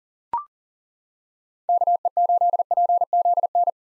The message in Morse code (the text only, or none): KE8PZN